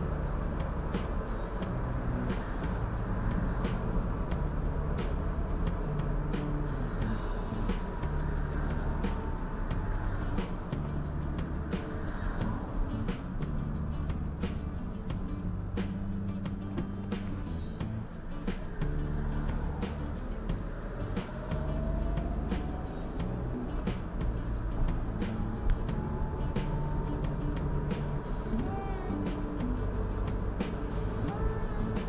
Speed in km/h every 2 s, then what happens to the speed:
50, 46, 44, 41, 36, 31, 24, 18, 14, 16, 22, 29, 32, 37, 40, 42.
0-16 slows to 14. 16-32 speeds up to 42.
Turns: none.